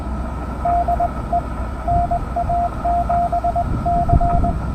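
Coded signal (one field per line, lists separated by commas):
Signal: Morse code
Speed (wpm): 19 wpm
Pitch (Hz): 690 Hz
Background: none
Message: DE NA7C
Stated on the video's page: Parks on the Air activation, worked in CW and SSB.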